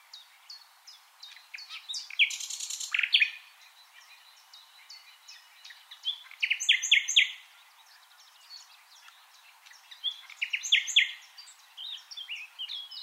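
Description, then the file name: Common nightingale song in three loud bursts about four seconds apart, each rich and rattling with fast repeated notes, over a constant background of soft high chirps and whistles. "Luscinia megarhynchos"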